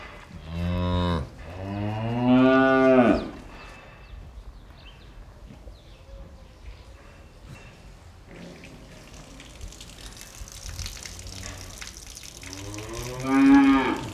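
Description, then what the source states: Cow lowing: two deep moos at the start, a quieter stretch with rustling and running water, then one more loud moo at the end. In a barn.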